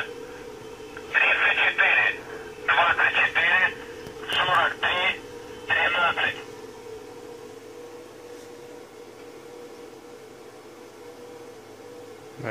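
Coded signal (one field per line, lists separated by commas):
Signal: numbers station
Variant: UVB-76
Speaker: okay so this is the voice that will come on uh at random times of day uh specific days of the month uh tell me this isn't creepy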